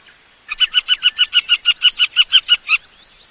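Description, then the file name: Montagu's harrier call: a single rapid series of about fifteen harsh, evenly spaced kek notes lasting just over two seconds. "busard cendre"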